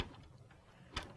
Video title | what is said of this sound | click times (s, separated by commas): Conservation of Energy.flv | Fortunately, being a PASCO motion sensor and a PASCO track, it snaps right in. | 1.0 s